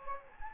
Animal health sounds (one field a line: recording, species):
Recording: mosquito wingbeat signal from an infrared sensor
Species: Anopheles gambiae